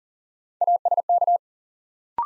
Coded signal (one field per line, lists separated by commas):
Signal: Morse code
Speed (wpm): 40 wpm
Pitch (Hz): 700 Hz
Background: none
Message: ASK